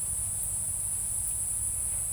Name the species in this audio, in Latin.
none